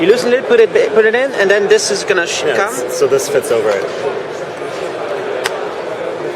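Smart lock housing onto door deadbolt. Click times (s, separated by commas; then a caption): 5.5 s. Someone talks while fitting a smart lock housing over the existing deadbolt mechanism on the inside of a door. A sharp click at 5.5 s marks the housing snapping into place on the deadbolt, seated.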